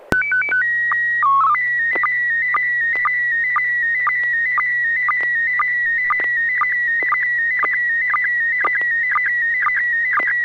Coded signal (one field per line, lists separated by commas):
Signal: SSTV (slow-scan television)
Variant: PD 120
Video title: N6NA SSTV Net - 11/23/2022